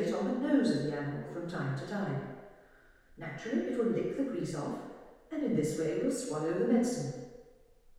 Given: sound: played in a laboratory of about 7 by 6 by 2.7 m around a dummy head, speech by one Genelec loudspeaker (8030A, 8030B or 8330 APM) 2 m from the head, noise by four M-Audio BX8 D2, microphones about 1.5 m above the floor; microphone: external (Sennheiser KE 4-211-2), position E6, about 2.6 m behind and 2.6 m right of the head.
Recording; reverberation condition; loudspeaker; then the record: female speech in English; high; 60 degrees to the left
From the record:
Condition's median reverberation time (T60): about 1300 ms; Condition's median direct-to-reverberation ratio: about -4.0 dB